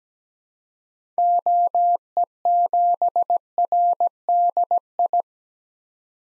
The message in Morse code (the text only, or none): OE7RDI